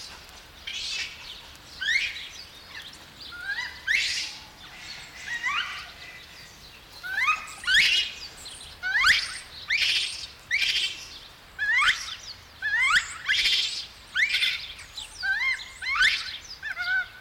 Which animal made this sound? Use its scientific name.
Macaca fuscata